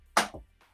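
A press-in part with an interference fit is pushed into a PC case during a build, giving a sharp, bright click at 0.2 s that rings and fades, followed by a faint soft sound around 0.6 s. The part is seated and checked as not loose.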